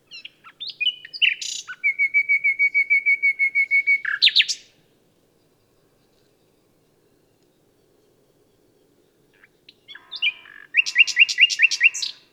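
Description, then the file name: Common nightingale song: varied phrases with a long rapid series of identical notes, then several seconds of silence before another burst of repeated sharp notes. "Luscinia megarhynchos"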